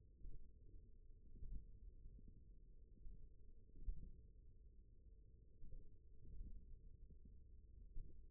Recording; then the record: forearm muscle sounds (acoustic myography)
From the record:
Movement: index flexion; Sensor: system 1, eight BSWA MPA416 microphones around the upper forearm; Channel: 4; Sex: male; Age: 41 years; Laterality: right